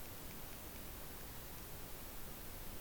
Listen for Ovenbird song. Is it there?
no